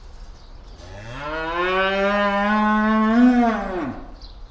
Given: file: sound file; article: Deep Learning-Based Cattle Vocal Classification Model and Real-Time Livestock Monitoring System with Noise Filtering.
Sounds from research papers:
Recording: cattle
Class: estrus call

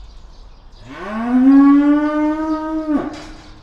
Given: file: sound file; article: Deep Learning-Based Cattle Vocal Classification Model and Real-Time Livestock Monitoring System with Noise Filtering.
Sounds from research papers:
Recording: cattle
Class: estrus call

